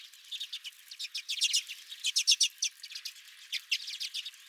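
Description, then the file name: Redpolls give sharp, clipped chirps in quick groups, several birds calling over one another throughout. Several redpolls at the recordist's own feeder. "Redpolls at My Feeder"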